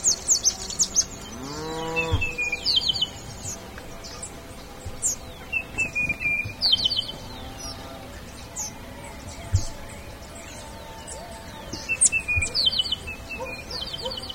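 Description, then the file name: Bird calls, several high chirps and short descending trills in quick bursts, with a brief low harmonic lowing sound near the start and a steady background hum. "SABIOD 50 bird 2015"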